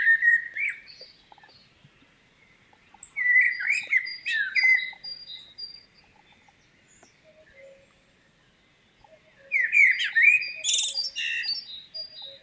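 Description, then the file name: Common blackbird song with three rich fluty phrases ending in scratchy high twitters, separated by pauses, with faint thin notes in the gaps. "Turdus merula"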